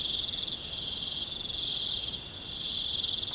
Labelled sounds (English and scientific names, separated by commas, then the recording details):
none
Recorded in pastures near Puerto Asís, Putumayo, Colombia, on 29 June 2025 at 19:00
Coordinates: 0.472, -76.331
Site G095